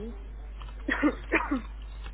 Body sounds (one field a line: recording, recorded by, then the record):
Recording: voluntary cough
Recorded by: telephone call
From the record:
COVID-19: negative